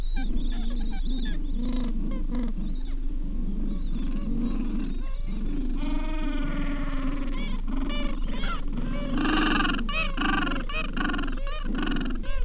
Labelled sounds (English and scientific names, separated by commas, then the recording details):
Gentoo Penguin (Pygoscelis papua)
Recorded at the colony at Ocean Harbour, on 7 January 2016
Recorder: Song Meter SM2+